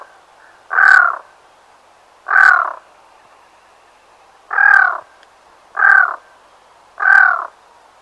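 Black-throated loon giving harsh, nasal croaking calls, five in eight seconds at uneven gaps, each about half a second with a rough, barking tone.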